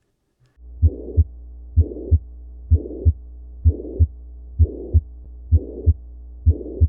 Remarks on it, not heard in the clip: Mitral regurgitation. We hear a systolic murmur occurring as we feel the pulse, but this time the second heart sound is intact, telling us that this murmur can't really be due to significant aortic stenosis the murmur of mitral regurgitation that clear, normal second heart sound straight after the murmur.